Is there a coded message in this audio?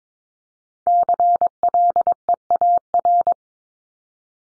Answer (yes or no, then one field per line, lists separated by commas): yes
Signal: Morse code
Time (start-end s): 0.9-3.3 s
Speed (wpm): 22 wpm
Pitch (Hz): 700 Hz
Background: none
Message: CLEAR